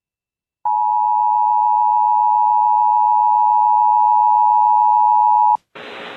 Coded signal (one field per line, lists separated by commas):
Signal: Emergency Alert System (SAME) tones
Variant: 853 and 960 Hz attention tone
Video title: EAS Tornado Watch WJON EAS#256